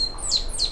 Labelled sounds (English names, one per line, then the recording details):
Stitchbird song
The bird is a male
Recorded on Tiritiri Matangi Island, New Zealand, in 2005
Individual 10, of nest box 12